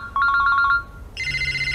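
An electronic telephone ring: a fast warbling trill of high beeps for about half a second, then a pause and a steady, buzzy high-pitched tone with a low hum underneath, no talking.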